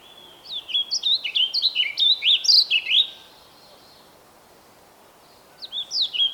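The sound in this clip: Bird song: a lively phrase of fast, high, twittering notes lasting about two and a half seconds, a quiet pause, then a new phrase beginning.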